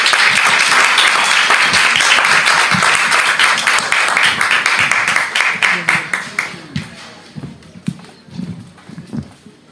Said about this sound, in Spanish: Bueno, pues un fuerte aplauso